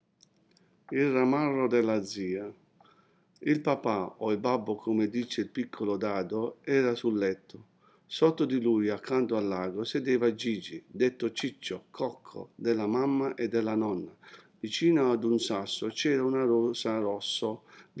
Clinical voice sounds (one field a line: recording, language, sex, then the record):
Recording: read passage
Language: Italian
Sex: male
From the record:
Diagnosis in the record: healthy control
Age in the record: 60 years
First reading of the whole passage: 60 s, 8.3 characters per second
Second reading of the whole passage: 54 s, 9.4 characters per second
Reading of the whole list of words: 38 s, 7.2 characters per second